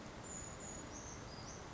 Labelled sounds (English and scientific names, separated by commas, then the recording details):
Brown Creeper (Certhia americana)
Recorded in Sonoma County, California